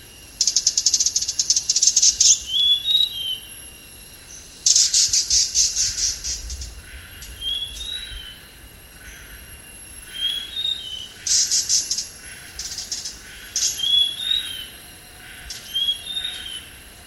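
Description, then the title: Hanging parrot giving high, harsh buzzing chatter in bursts, mixed with short thin whistled notes, over a steady high hiss. "SERINDIT"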